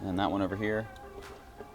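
Someone talks while handling the second coolant line, the other end of which goes into its plastic clip on the engine bay mount of a BMW S58 during a turbo install. Nothing has seated or clicked yet in this clip.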